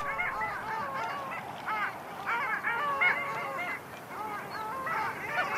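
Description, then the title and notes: Long-tailed Duck calls from a flock: nasal, wavering yodel-like notes overlapping continuously, with several birds calling at once throughout. "Viikon luontoääni: Alli. Juha Laaksonen"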